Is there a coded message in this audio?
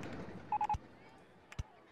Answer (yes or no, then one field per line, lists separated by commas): no